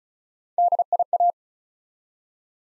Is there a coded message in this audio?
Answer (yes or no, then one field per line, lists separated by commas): yes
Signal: Morse code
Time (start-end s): 0.6-1.3 s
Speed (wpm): 36 wpm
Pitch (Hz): 700 Hz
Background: none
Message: DIA